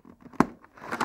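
A plastic internal sun visor lug on a Nolan N60-6 motorcycle helmet is lined up with the side runner guide inside the helmet and pushed in. After soft rustling and handling noise, it gives a sharp click at 0.4 s, followed by more scraping and shuffling. The lug is confirmed seated in place.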